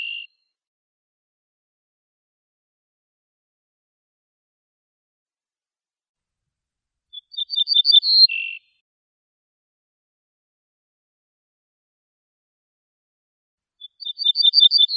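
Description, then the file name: Ortolan bunting songs of quick metallic notes closing on a lower tone, separated by long silences. "suara kicauan ortolan"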